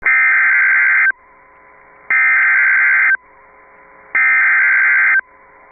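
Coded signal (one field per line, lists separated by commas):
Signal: Emergency Alert System (SAME) tones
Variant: header bursts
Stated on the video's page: Real, valid EAS tones captured from an actual severe thunderstorm warning.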